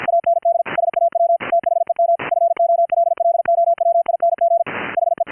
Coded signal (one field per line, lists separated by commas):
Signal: Morse code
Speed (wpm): 53 wpm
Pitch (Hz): 680 Hz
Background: none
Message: AND SAW THEM FOLLOWING HE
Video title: Gstreamer "audio OVER ip" for HAM RADIO - audiointerleave/deinterleave KEY RIG demo